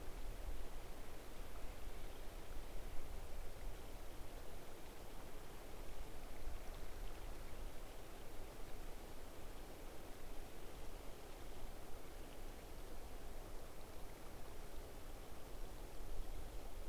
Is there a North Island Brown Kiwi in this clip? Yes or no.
no